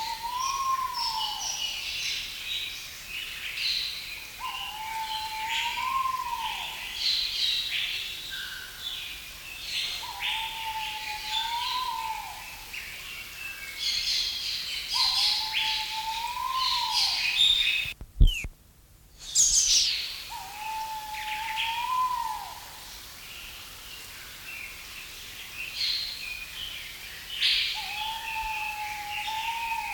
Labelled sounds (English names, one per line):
Pheasant Pigeon call